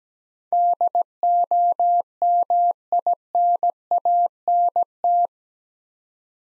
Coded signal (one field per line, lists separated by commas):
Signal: Morse code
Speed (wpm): 17 wpm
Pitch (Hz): 700 Hz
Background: none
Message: DOMINANT